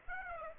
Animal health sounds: mosquito wingbeat signal from an infrared sensor; Aedes aegypti

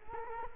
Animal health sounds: mosquito wingbeat signal from an infrared sensor; Culex quinquefasciatus

